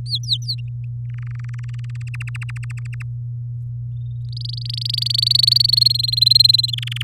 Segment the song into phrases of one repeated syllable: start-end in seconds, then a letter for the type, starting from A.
0.06-0.55 A, 1.05-2.02 B, 2.07-3.02 C, 4.25-5.71 D, 5.72-6.71 E, 6.73-7.03 F